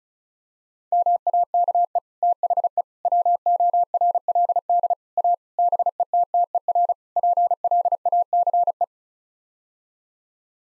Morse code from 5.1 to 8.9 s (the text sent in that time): A BETTER PLACE